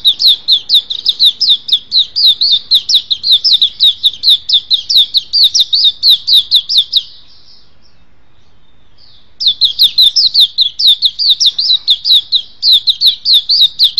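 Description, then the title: Oriental magpie-robin song: a long stream of quick, high whistled notes, each falling in pitch, stopping for roughly two seconds, then continuing at the same pace. "Kicau Kacer Durasi Panjang 1jam Lebih"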